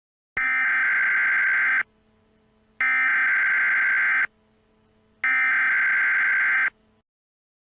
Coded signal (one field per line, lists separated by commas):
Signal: Emergency Alert System (SAME) tones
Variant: header bursts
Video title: The Gulon - an EAS Scenario